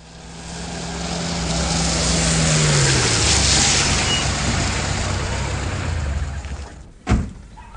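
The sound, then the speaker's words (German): A rented car drives through Copenhagen with a steady, broad rumble, its low engine note dropping as it slows to a stop, followed by a single sharp thump near the end. “Es vergeht keine halbe Stunde und sie sind am Ziel.”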